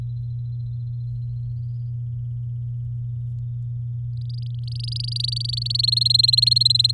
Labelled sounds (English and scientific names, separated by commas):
Domestic Canary (Serinus canaria) song